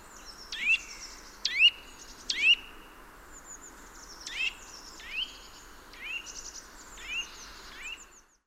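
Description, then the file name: Eurasian nuthatch calling, a run of rising notes about a second apart, the later ones softer. "Sitta europaea"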